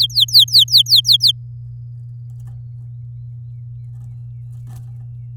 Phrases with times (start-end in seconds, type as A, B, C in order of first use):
0.00-1.31 A